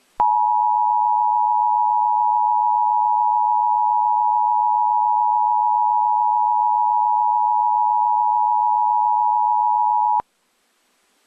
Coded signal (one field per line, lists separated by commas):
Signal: Emergency Alert System (SAME) tones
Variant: 853 and 960 Hz attention tone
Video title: Doodle Kaden reacts to harclaus eas scenario by @C_T_C09Official (Watch till the end)